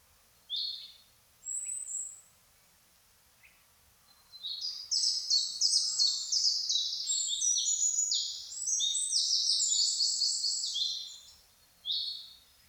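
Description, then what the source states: Birds singing, a few isolated high chirps first, then a long stretch of rapid overlapping trills and twitters, ending with another single chirp. Birds singing in a forest in the morning.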